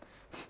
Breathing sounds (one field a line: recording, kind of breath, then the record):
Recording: one breath in and out by a microphone near the nose and mouth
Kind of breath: strong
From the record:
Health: marked as sick, illness not named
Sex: female